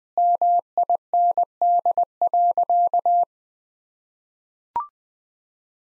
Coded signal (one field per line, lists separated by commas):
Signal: Morse code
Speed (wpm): 20 wpm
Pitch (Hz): 700 Hz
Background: none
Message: MIND.